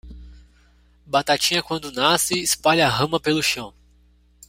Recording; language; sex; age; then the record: short text; Brazilian Portuguese; male; 20 to 29 years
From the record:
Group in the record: control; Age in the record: 22 years